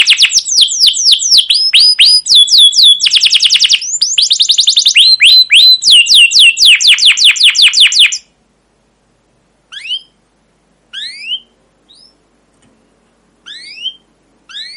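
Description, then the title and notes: Canary delivering fast chirping trills and sweeping whistles for about eight seconds, followed by silence broken by a few short, sharp rising chirps. Canary song with "cuit cuit" chirps, used as a lure to stimulate other canaries and as a master song for young canaries learning sounds. "CUIT CUIT NGEROL LANGSUNG GACOR PANJANG Kenari Ini AMPUH Utk Pancingan KENAR. PANCINGAN Kenari GACOR PANJANG Cuit CUIT EMOSI ini AMPUH utk MASTERAN Kenari PAUD belajar BUNYI. burung kenari"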